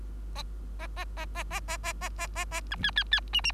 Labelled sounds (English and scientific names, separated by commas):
Bengalese Finch (Lonchura striata domestica) song